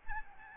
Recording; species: mosquito wingbeat signal from an infrared sensor; Aedes albopictus